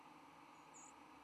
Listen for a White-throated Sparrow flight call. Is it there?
yes